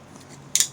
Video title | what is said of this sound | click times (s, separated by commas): DSLR Tripod, Q666 DSLR 카메라삼각대 설명입니다. | 딱딱딱 소리 나죠? 절대 가볍지 않습니다. | 0.6 s